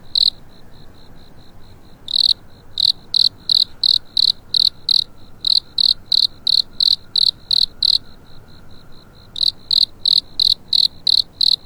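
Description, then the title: Cricket giving sharp, evenly spaced high chirps roughly three per second, pausing a few times while softer chirps continue, over a faint steady hum. Cricket awakening on a spring night. "春夜里苏醒的蟋蟀"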